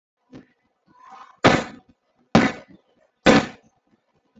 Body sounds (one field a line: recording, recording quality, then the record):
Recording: heavy voluntary cough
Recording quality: moderate, slight background noise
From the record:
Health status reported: healthy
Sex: male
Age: 27 years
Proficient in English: yes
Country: India